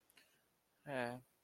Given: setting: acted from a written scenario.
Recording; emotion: vocal sound without words; sympathy